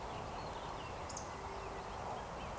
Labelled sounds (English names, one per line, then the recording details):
Eurasian Woodcock
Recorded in Baden-Württemberg, Germany, on 13 June 2020 at 19:29 UTC
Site 43791, 788 m above sea level